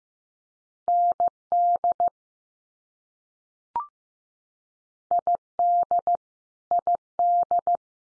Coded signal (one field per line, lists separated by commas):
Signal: Morse code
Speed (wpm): 15 wpm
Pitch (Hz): 700 Hz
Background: none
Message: ND ID ID